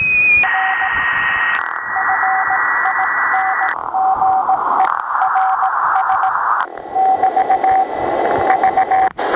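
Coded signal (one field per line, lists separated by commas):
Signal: Morse code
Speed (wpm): 18 wpm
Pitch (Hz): 760 Hz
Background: radio noise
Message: R FINGERS <BT> V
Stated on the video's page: Received on a Digitech AR1780 portable HF SSB receiver.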